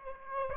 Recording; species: mosquito wingbeat signal from an infrared sensor; Aedes aegypti